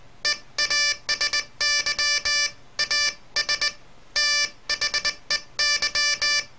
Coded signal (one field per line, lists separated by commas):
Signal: Morse code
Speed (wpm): 20 wpm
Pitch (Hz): 1750 Hz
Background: none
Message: EASY AS THEY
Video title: Morse Code 008 (for enthusiasts)